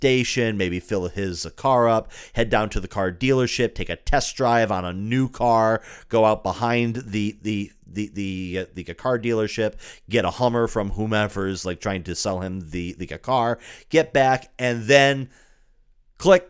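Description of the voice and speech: A man talks in an easy conversational rhythm, then gets caught on a function word, repeating "the" about five times with a short pause and a filler before moving on. These whole-word repetitions fit a mild stutter, very pronounced in childhood and still faintly audible in adulthood; he is in speech therapy.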